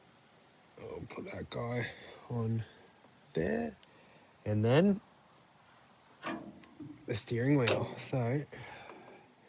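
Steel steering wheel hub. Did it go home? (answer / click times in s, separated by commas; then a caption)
no / none. A steering wheel is handled near the quick-release hub on the steering shaft of a 60-year-old Clark Michigan 55A loader, but nothing has seated or clicked yet. Someone talks in short bursts over a quiet, low background hiss, with a few faint handling knocks between the words.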